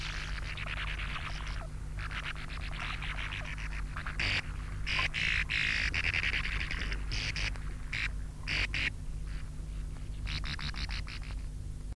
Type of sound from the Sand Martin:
call